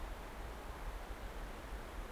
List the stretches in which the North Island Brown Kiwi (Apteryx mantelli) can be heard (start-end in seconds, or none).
none